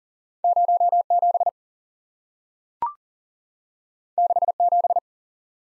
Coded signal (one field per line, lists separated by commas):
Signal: Morse code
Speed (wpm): 39 wpm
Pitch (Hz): 700 Hz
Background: none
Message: 07 67